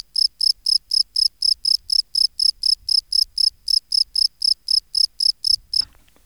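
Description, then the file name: Field cricket chirping in an even series of roughly four pulses a second that stops abruptly near the end, followed by a faint click. "Bio Acoustica. Gryllus campestris"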